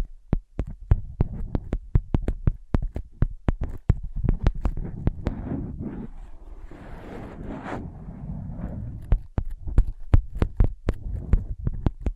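Tapping on ear pads: a quick, regular run of sharp, dull taps from the start to about four seconds, then a softer stretch of muffled scratching and tracing until about nine seconds. Faster, lighter taps return to the end, over a low, steady rumble.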